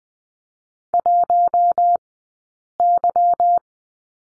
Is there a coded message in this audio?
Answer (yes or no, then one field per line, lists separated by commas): yes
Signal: Morse code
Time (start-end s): 0.9-3.6 s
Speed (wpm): 20 wpm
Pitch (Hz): 700 Hz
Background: none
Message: 1Y